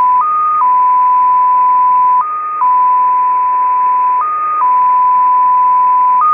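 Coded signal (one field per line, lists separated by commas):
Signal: multi-tone FSK (Olivia or MFSK type)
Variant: XPA2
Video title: XPA2 Data Mode 07/10/2023 1500 UTC 13906kHz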